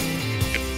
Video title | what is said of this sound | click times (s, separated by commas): AmazonBasics Rooftop Car Carrier Bag, Black, 15 Cubic Feet | then put this around the carrier and this will snap right in place. | 0.6 s